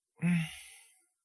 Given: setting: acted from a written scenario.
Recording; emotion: vocal sound without words; shame